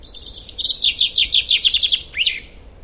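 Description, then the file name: Common chaffinch song, a rapid run of repeated notes dropping in pitch and closing with a distinct flourish. "Fringilla coelebs"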